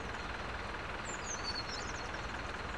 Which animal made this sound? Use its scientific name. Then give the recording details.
Cyanistes caeruleus. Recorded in Germany. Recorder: ecoPi